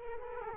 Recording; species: mosquito wingbeat signal from an infrared sensor; Culex quinquefasciatus